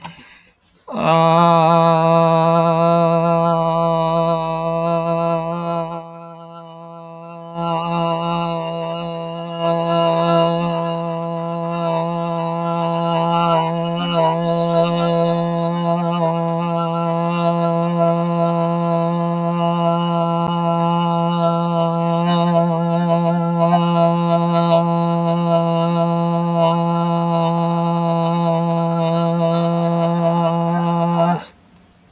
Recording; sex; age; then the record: vowel held as long as possible; male; 30 to 39 years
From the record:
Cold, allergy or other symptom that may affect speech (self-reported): no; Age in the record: 37 years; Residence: New York, United States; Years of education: 12